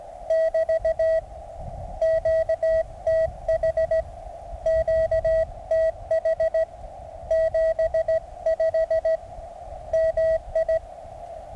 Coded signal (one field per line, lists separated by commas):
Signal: Morse code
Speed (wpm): 18 wpm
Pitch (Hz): 650 Hz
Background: radio noise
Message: <BT> QTH QTH 75 MI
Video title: Ultimate QRP ~ Mountain Topper MTR 3B Radio ~ Resonant Antenna ~ 9 Volts